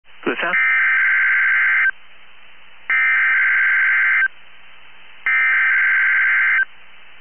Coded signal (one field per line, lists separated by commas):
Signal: Emergency Alert System (SAME) tones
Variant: header bursts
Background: speech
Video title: 12/21/22 THE BEST WAY TO SPREAD CHRISTMAS CHEER IS TO SEND RWT'S FOR ALL TO HEAR!!! EAS#292